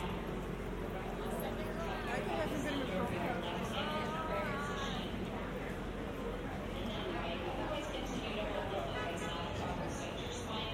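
A walk from Grand Central to Times Square: constant crowd chatter and overlapping voices over a low traffic rumble, with occasional brighter footsteps and clatter.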